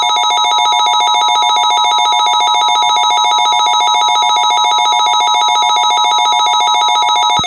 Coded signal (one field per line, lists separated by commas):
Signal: Emergency Alert System (SAME) tones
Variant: 853 and 960 Hz attention tone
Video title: The southeast super outbreak (EAS Scenario)